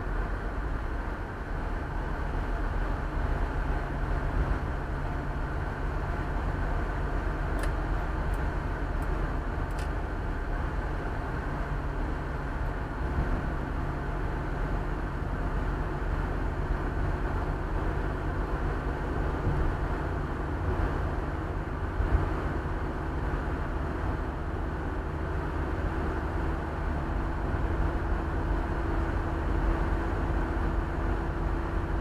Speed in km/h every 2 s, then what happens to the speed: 68, 69, 70, 71, 72, 71, 71, 71, 72, 73, 73, 73, 74, 75, 76, 76.
0-32 steady at about 72.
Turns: none.